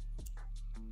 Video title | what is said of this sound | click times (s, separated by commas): LIVE Building My New A7IV Camera Rig | so if I slide that in, you can try and hear it as well, hear that click | 0.3 s